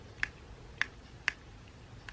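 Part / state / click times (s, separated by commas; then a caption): front clasp closing into an eyeshadow palette case / not seated / none. The front clasp of a Marc Jacobs eyeshadow palette, possibly worn out from frequent use, is pressed closed several times. Sharp, bright ticks sound at about 0.2, 0.8 and 1.3 seconds, with a fainter one near 2.1 seconds, as the clasp taps against the lid. Nothing clicks or seats: the clasp fails to snap shut and does not stay closed.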